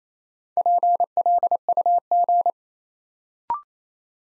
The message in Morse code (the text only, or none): PLUG